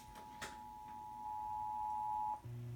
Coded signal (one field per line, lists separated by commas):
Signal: Emergency Alert System (SAME) tones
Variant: 853 and 960 Hz attention tone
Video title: Child Abduction Emergency - 01/08/19 (EAS #1,788)